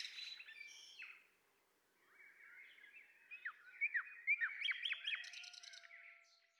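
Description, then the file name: Common nightingale singing varied phrases, soft whistles followed by a string of loud, sharply slurred notes and a brief rapid trill. "Luscinia megarhynchos"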